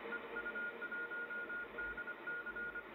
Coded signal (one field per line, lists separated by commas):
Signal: Morse code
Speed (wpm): 24 wpm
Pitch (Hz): 1430 Hz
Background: none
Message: EU1DC